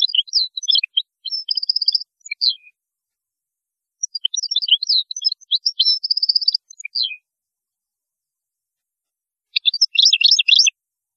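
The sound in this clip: European goldfinch song, three bursts of rapid, tinkling twitters mixed with buzzy trills, each lasting one to three seconds with brief silences between.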